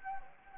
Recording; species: mosquito wingbeat signal from an infrared sensor; Anopheles gambiae